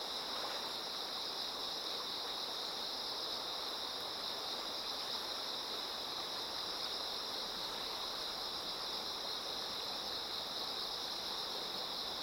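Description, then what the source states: Insects keep up an unbroken, high buzzing chorus as a river flows steadily underneath. Insects singing in chorus beside a slowly flowing river.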